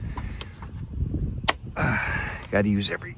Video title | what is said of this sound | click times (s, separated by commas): 2015 Honda Civic maintenance - service B12￼ | clips are hard to snap into place see | 1.5 s